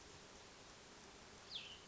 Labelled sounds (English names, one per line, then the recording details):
Cassin's Vireo
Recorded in Sonoma County, California